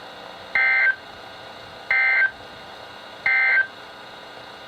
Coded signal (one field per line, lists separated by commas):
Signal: Emergency Alert System (SAME) tones